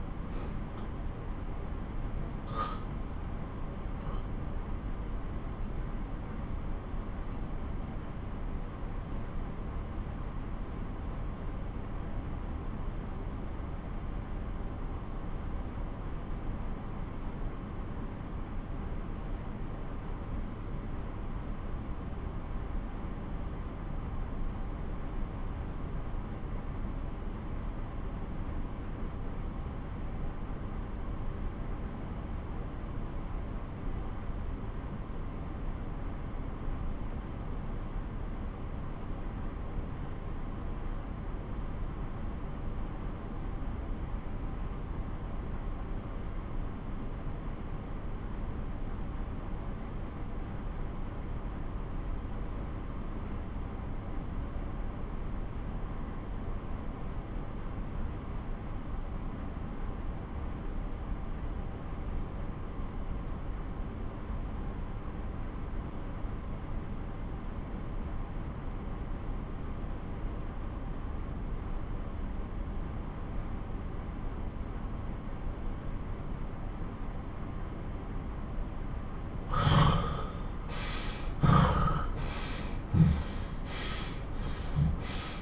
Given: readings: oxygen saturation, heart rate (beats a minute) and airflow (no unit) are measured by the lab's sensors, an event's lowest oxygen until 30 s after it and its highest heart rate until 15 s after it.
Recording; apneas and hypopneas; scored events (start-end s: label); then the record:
breathing in sleep by a smartphone at the bedside; 1
4.00-76.50 s: obstructive apnea (REM, oxygen 91% highest, then 79% lowest)
From the record:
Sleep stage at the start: REM sleep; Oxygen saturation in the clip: 79 to 91%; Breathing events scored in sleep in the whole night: 217 in 6.3 hours asleep